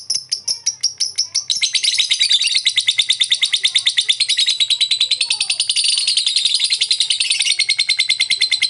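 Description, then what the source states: Lovebird: spaced high chirps quickly merging into a sustained fast, buzzy chatter, dense and continuous to the end. Lovebird giving long 'ngetik ngekek' chatter; a master recording (masteran) for training other birds.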